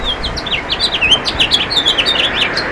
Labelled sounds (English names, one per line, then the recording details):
House Finch song
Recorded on Long Island, New York, on 23 June 2012
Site JA
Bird A